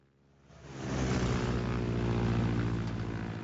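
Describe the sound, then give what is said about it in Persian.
The engine of a legendary Stearman propeller biplane swells up over the first second into a loud, steady droning roar with a rich low harmonic buzz, holding constant to the end with no talking. “یکی از هواپیماهای دلخواهم هواپیمای افسانه‌ای و دوباله استیرمنه.”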